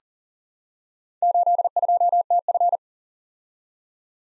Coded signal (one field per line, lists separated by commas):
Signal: Morse code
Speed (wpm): 41 wpm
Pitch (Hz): 700 Hz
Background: none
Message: 82TF